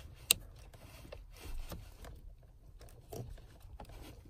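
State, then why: Seated. A plastic wiring connector for an Apple CarPlay Wi-Fi and Android Auto interface on an Audi MMI 2G/3G RMC is pushed fully home into its socket behind the car dashboard, giving a sharp click at 0.3 s. Soft scraping and rubbing follow as the upper connector is checked and tugged. Both connectors are fully clipped in and hold.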